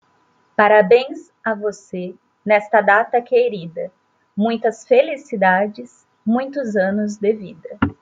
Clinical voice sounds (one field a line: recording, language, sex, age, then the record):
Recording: short text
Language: Brazilian Portuguese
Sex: female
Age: 30 to 39 years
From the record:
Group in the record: control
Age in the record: 39 years